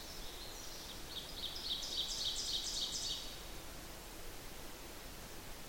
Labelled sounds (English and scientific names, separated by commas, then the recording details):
Ovenbird (Seiurus aurocapilla) song
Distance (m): 40 m
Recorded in boreal forest in Alberta, Canada, on 8 June 2016 at 06:44
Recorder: SongMeter 3, array SBT-3-9
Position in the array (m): 48 m, 103 m
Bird 33